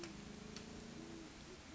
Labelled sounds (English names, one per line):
Great Horned Owl